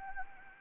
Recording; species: mosquito wingbeat signal from an infrared sensor; Anopheles gambiae